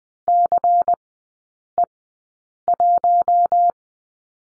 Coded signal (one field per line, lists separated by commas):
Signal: Morse code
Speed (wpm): 20 wpm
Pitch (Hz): 700 Hz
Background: none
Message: CE1